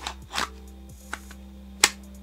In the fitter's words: a nice snap and